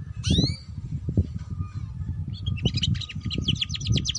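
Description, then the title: Canary sound: a sharp whistled sweep near the start, then a quiet pause before a fast chattering trill from midway, with low rumbling noise throughout. Belgian canary; song to warm up and stimulate canaries to sing, for canaries learning the ngeriwik sound, suited as a lure for ngeriwik canaries. "Canto Para Esquentar Canário Belga. Suara Kenari Belajar Bunyi Ngeriwik || Cocok Untuk Pancingan Kenari Ngeriwik"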